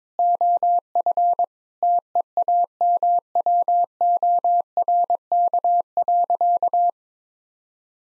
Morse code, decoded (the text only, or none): OF TEAMWORK.